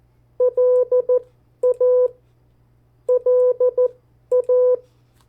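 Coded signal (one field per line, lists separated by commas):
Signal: Morse code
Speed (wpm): 14 wpm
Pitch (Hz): 500 Hz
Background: none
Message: LA LA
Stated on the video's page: CW practice of the 50 state abbreviations sent at variable speeds.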